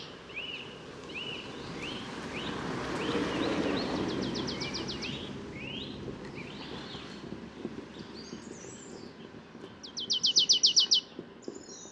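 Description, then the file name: Marsh tit calls: sharp, slurred high notes repeated in a series, with a fast, buzzy burst of rapid notes among them and another near the end, over a steady broad background rumble. "Poecile palustris"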